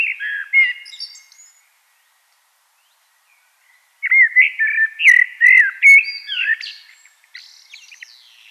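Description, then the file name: Common blackbird with a short fluty phrase, a silent pause, then a longer run of rich whistled notes finishing in a scratchy high twitter that trails off quietly. "Turdus merula"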